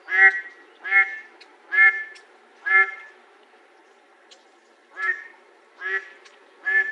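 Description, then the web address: Mallard giving a series of loud, nasal quacks, about one per second, with a short gap midway and light background noise. "Ducks Geese Swans MALL deviche"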